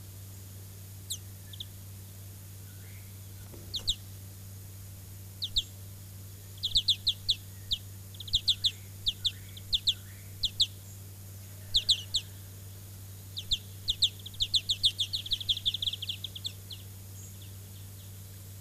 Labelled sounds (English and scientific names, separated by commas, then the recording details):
European Greenfinch (Chloris chloris) call
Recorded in the wild
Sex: group
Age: juvenile
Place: Kaiserslautern, Rheinland-Pfalz, DE
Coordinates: 49.4247, 7.77889
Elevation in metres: 279
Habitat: garden
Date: 1983-06-12
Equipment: Uher 4000 Report, Parabolreflektor (30 cm Durchmesser)
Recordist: Tretzel, Erwin